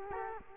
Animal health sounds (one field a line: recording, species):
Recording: mosquito wingbeat signal from an infrared sensor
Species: Culex quinquefasciatus